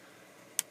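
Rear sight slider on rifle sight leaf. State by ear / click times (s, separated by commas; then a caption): seated / 0.6 s. The metal rear sight slider on the sight leaf of an 1895 Chilean Mauser rifle is moved up one notch. Over a quiet background, a single sharp, bright metallic click is heard at 0.6 s as its locking tabs snap into a graduation line, and the slider is seated in the notch.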